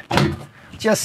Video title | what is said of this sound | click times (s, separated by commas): Luxury Sprinter van build by Humble Road! The doctor & his wife had their wants, needs and desires. | right in there and they click shut | 0.1 s, 0.2 s